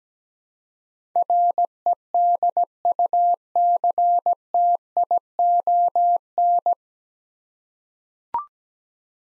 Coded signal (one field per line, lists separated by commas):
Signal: Morse code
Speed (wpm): 17 wpm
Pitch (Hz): 700 Hz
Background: none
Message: REDUCTION